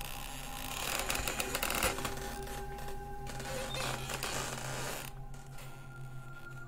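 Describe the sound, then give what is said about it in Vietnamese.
A sliding door grinds and creaks as it is dragged open, a long scraping groan with rattling, uneven friction and a steady low hum underneath, easing off near the end. “Có đôi khi là tiếng mở cửa kéo cả kéo kẹt đến rợn cả người, tiếng bát đũa khua vào ầm ĩ ở dưới bếp.”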